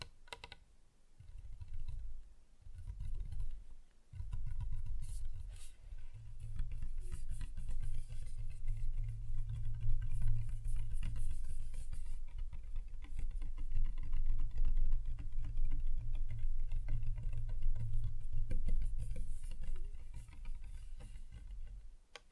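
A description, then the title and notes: Fingers tap steadily on different surfaces, a dense, quick patter of small clicks and knocks with no talking. A low rumble runs underneath most of the recording, with brief dips near the start around two and four seconds before the tapping settles into a constant rhythm. ASMR Just Tapping (Different Surfaces No Talking).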